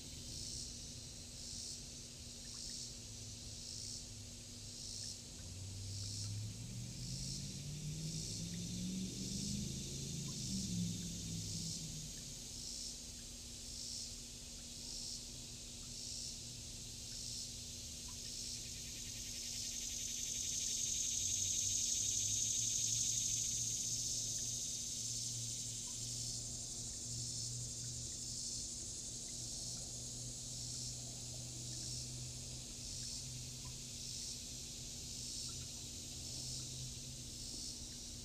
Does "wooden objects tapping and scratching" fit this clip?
no